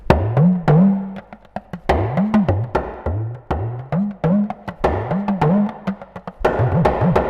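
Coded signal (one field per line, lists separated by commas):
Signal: talking drum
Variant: Yoruba gangan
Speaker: tout ce que nous jouons on doit on doit on doit le dire j'ai joué quelque chose tout à l'heure c'est des proverbes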